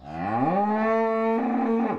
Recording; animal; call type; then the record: contact call of a hoofed animal; cattle; low-frequency (closed-mouth) or high-frequency (open-mouth) call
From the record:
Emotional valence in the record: negative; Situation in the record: full separation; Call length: 1.99 s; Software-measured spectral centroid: 980 Hz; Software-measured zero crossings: 1200 a second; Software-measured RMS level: -24 dBFS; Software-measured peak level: -11 dBFS